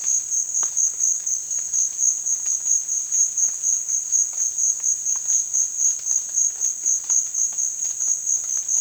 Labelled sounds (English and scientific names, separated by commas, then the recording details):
none
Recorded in dense forest near Puerto Asís, Putumayo, Colombia, on 25 June 2025 at 15:00
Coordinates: 0.466, -76.327
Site GP04